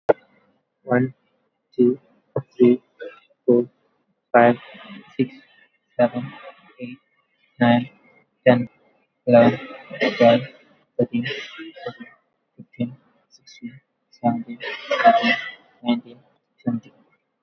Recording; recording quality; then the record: counting at a normal pace; moderate, slight background noise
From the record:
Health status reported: COVID-19 positive, moderate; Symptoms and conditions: sore throat, fever, fatigue, muscle pain, loss of smell and taste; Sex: male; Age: 25 years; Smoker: not ticked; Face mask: not worn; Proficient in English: no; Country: India